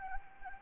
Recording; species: mosquito wingbeat signal from an infrared sensor; Anopheles gambiae